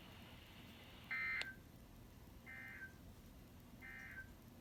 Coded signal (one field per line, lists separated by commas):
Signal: Emergency Alert System (SAME) tones